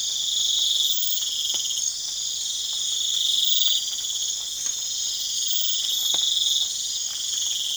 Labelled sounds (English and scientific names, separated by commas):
none